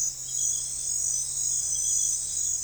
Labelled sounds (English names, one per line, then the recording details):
none
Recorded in forest near Pivijay, Magdalena, Colombia, on 3 June 2023 at 04:00
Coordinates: 10.467, -74.380
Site Z5-G034